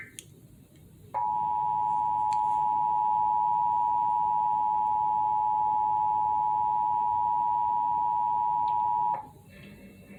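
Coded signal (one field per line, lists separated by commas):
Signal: Emergency Alert System (SAME) tones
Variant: 853 and 960 Hz attention tone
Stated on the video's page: Child Abduction Emergency EAS alert for Indiana, received via Comcast cable.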